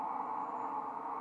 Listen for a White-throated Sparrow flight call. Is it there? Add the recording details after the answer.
no. No flight call is heard. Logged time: 01:44 on 5 December 2014